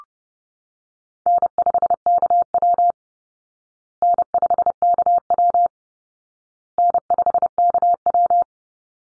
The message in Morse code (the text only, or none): N5KW N5KW N5KW